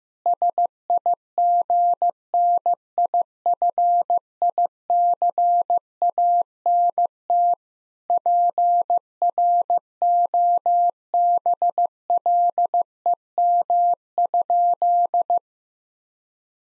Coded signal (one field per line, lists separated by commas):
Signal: Morse code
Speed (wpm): 15 wpm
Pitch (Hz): 700 Hz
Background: none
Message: SIGNIFICANT PROBLEM?